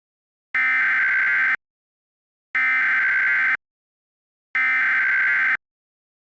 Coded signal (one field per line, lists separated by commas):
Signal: Emergency Alert System (SAME) tones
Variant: header bursts